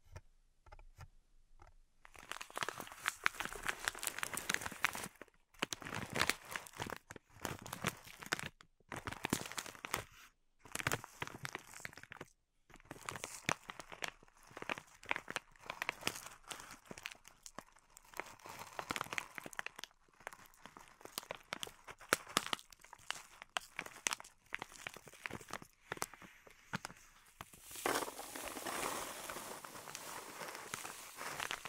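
Pink salt in a zen garden is raked and scratched in dense, gritty crackles and crunches that come in quick bursts with brief silent gaps. Near the end, around 28 seconds, it turns into a steadier, smoother hiss of sliding grains.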